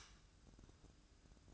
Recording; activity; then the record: daily activity, microphone in the room; light off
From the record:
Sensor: 2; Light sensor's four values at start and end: 12/33/13/13 and 12/33/13/13